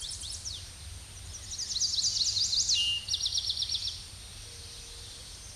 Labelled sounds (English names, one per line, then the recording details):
Eastern Towhee song
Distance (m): 15 m
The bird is about level with the microphone
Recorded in a Pennsylvania forest on 16 May 2024 at 07:38
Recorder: AudioMoth, point MSD-2494
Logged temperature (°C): 15.6 °C
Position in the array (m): 178 m, 183 m